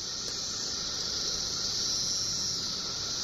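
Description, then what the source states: Periodical cicadas in a dense chorus, a steady, unbroken high-pitched hissing drone that never pauses. Thousands of cicadas singing together on one tree; mass event occurring every 17 years in May or June.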